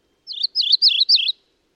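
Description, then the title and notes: Mourning warbler song: four quick, clear phrases of high, rolling two-part notes, each phrase about a quarter second, with short gaps between. Arrives as late as June from South America at northern breeding sites. "As late as June, birds such as Willow Flycatchers and this Mourning Warbler arrive from South America."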